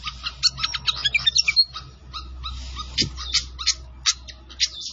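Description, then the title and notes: Pied fantail song with quick squeaky notes and short whistles early on, then spaced chirps over a faint low hum. Masteran (training recording) with a clear voice. "Masteran Sikatan Kipas Suara Jernih Dan Suara Gemericik Air. Suara Burung Sikatan Londo"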